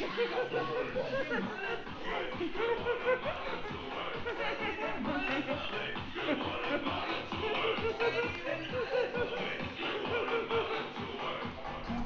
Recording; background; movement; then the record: laughter; music; walking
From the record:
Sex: female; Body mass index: 36.4 kg/m2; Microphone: on the chest, facing outward